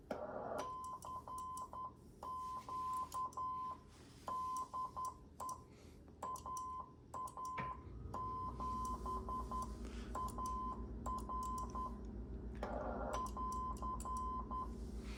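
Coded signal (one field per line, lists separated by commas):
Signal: Morse code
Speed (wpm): 10 wpm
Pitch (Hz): 1020 Hz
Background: none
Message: CQ DE AA7AR <AR>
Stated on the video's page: QRP CW at 5 watts from an MFJ-9040 on 40 m, 7029 and 7033 kHz, dipole antenna and MFJ-971 tuner, at 10, 11 and 14 wpm.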